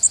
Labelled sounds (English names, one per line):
Connecticut Warbler flight call